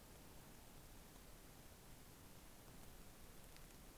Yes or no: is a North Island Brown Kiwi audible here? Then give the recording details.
no. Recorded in New Zealand on 9 December 2013. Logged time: 23:28. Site DE65